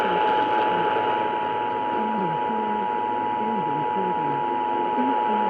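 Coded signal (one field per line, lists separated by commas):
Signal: Emergency Alert System (SAME) tones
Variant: 853 and 960 Hz attention tone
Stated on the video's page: Required Monthly Tests received over a single night.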